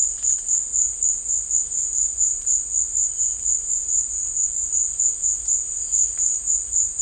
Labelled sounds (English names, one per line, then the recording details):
none
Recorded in dense forest near Puerto Asís, Putumayo, Colombia, on 21 December 2024 at 16:00
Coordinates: 0.485, -76.318
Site GP03